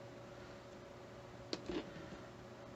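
After an earlier failed try, a plastic model kit piece is pressed again onto its mating part and snaps on with a sharp, short click at 1.5 s, followed by a softer, brief rustle around 1.7 s. A low steady hum runs underneath throughout, and the piece is seated.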